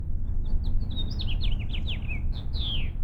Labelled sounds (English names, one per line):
House Finch song